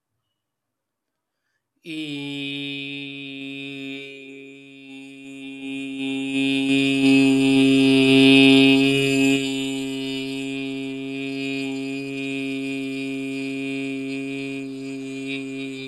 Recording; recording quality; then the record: sustained vowel as in beet; excellent, no background noise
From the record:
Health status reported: healthy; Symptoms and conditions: none ticked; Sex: male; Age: 31 years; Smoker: not ticked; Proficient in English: yes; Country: India